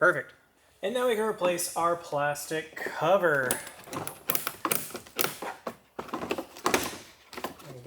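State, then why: Seated. Someone talks as the plastic cowl cover of a 2010-2015 Toyota Prius is pressed down onto the wiper tray and body. Its perimeter snaps click into place one after another at about 4.3, 4.7, 5.2 and 6.7 seconds. The cover ends up seated and held in place.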